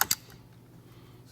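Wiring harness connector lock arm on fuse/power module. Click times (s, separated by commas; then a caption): 0.0 s, 0.1 s. A wiring harness connector's locking arm is swung closed on the fuse/power module (TIPM) of a Grand Caravan, giving two sharp clicks at 0.0 and 0.1 seconds before the sound falls to a quiet low hum. The connector is seated and locked into place.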